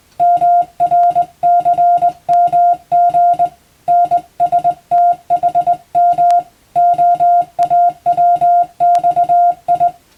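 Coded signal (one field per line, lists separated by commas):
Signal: Morse code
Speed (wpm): 20 wpm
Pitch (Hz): 700 Hz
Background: music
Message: MRCMG NSTHM OAWXI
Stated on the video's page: Hand-keyed Morse practice for the Japanese radiotelegraph operator exam, sending plain-language telegram practice text, also suitable for amateur receiving practice.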